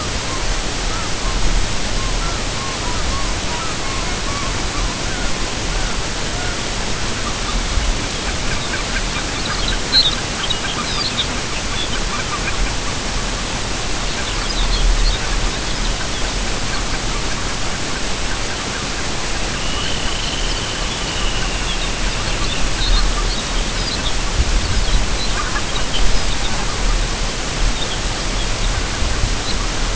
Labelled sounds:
unidentified sound
Lapland Longspur
Dunlin
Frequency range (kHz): Lapland Longspur 2.3-5.8 kHz; Dunlin 1.9-3.7 kHz
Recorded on Arctic tundra, site UTQI-5, on 25 June 2018
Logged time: 10:00

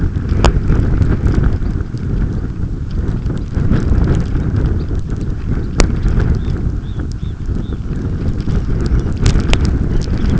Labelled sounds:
Red Phalarope
unidentified sound
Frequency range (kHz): Red Phalarope 2.7-5.5 kHz
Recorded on Arctic tundra, site UTQI-5, on 29 June 2018
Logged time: 02:00

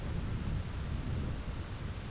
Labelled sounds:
none
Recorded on Arctic tundra, site ZACK-1, on 11 June 2019
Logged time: 11:49

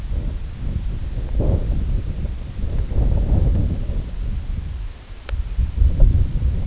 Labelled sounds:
none
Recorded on Arctic tundra, site IGLO-D, on 19 June 2018
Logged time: 18:00

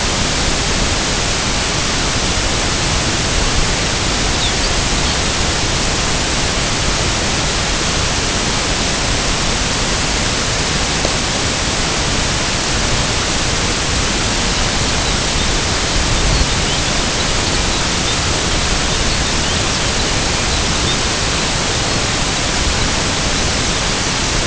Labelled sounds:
unidentified sound
Lapland Longspur
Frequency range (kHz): Lapland Longspur 2.2-5.2 kHz
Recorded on Arctic tundra, site IGLO-A, on 16 June 2018
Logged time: 09:59

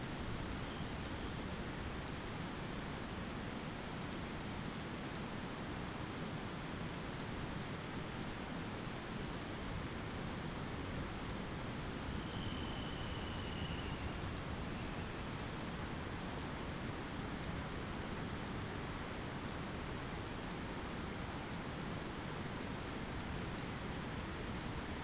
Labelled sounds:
Dunlin
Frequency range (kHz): Dunlin 1.8-4.3 kHz
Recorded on Arctic tundra, site ZACK-1, on 15 June 2019
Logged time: 21:49

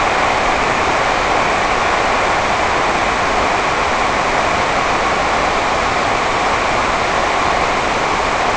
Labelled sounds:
none
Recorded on Arctic tundra, site NAIT-1, on 28 June 2018
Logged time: 11:00

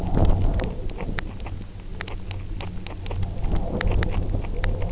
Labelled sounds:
none
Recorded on Arctic tundra, site UTQI-0, on 29 June 2018
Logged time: 08:00

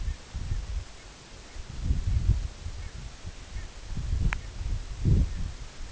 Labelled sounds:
Canada Goose
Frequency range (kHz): Canada Goose 1.1-2.7 kHz
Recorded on Arctic tundra, site EABA-1, on 24 June 2018
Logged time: 10:00

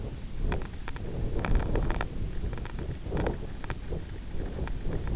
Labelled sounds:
none
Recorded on Arctic tundra, site IGLO-F, on 24 June 2018
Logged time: 18:00

